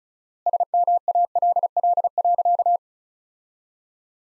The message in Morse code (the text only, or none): SMALL.